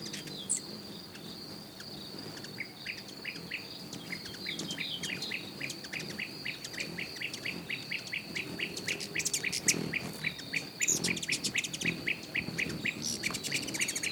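Bird chirping: a long run of quick rising chirps, with a steady high whine and bursts of sharp notes toward the end.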